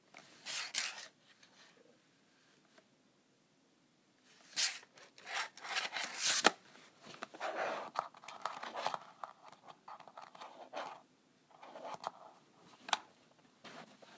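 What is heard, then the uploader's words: A calculator is scratched in short, uneven bursts of dry rasping, with quiet gaps between them. The strokes are close and bright, strongest around five to seven seconds, then continue as lighter, patchier scraping with a few sharp clicks in a small, quiet room. ASMR Scratching my Calculator.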